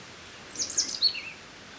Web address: SETE data Erithacus rubecula